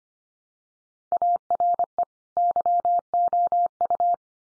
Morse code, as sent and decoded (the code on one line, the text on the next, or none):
.- .-. . / -.-- --- ..-
ARE YOU